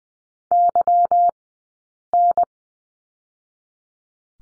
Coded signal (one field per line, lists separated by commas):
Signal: Morse code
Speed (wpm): 20 wpm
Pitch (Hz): 700 Hz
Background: none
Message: YN